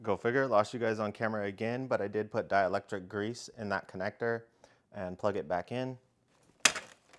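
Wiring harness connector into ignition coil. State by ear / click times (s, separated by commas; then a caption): seated / 6.7 s. A wiring harness connector coated with dielectric grease is plugged back into the ignition coil of a Yamaha R7 during a spark plug replacement. Someone talks for most of the clip, then a pause is followed by a single sharp, loud click at 6.7 s, with two faint ticks after it. The connector clicks in and is seated.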